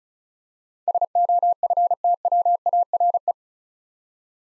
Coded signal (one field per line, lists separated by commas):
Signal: Morse code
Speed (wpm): 36 wpm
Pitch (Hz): 700 Hz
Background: none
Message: SOFTWARE